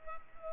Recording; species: mosquito wingbeat signal from an infrared sensor; Culex pipiens